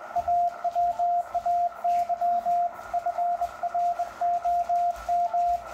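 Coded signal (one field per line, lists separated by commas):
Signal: Morse code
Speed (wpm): 21 wpm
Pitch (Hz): 700 Hz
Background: radio noise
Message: AWAY FROM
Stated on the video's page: Sent on a bug.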